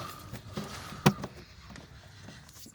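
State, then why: Seated. A Citroën C4 Picasso's electrical connector is pushed back onto the air-flow meter sensor during an air filter replacement and locks in with a sharp click at 1.0 seconds. The connector is seated, and a few faint knocks follow over low background noise.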